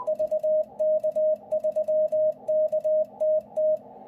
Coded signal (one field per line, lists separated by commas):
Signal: Morse code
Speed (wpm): 20 wpm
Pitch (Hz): 620 Hz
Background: radio noise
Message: VK3KTT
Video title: How to program and use CW / morse code memories for the #Icom range of radio's #hamradio #ic705